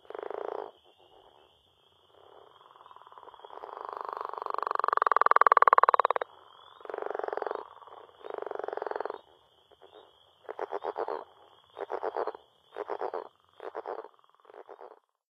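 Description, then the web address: Northern leopard frog with a short croak, then a long grating snore building to a loud peak, followed by a series of choppy pulsed chuckles. Frog of North America. "Songs of Frogs Toads of North America. Northern Leopard Frog"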